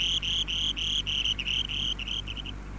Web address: tryngites subruficollis